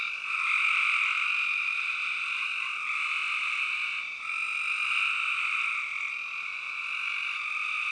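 Shrill spring peeper chorus, countless high piping calls merging into an unbroken, even ringing sound throughout.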